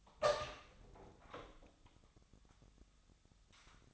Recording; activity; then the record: daily activity, microphone in the room; open door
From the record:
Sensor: 3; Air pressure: 1007.1 hPa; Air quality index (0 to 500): 204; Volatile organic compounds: 18 ppm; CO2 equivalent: 2618 ppm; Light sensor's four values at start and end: 12/27/11/11 and 12/28/12/11